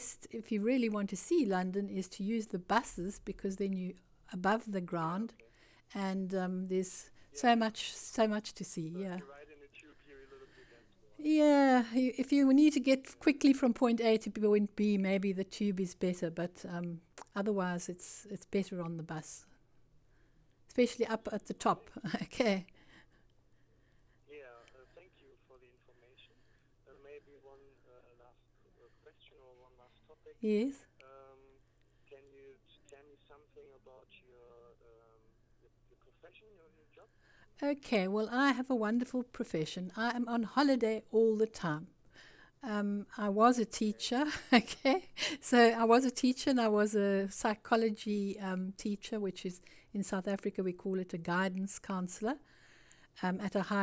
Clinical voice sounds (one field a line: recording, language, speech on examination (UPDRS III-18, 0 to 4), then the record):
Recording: conversation on a phone call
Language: English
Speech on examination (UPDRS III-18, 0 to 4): 0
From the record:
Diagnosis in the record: Parkinson's disease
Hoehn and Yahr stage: 2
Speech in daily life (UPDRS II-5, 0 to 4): 0